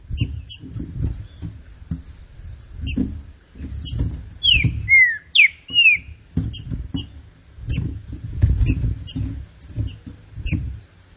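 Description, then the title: Green-winged saltator with one bright phrase of a few falling whistles midway, surrounded by faint high chips and low thumping. Classic song style (canto clássico), presented as training material. "Canto Clássico Trinca Ferro TREINAMENTO"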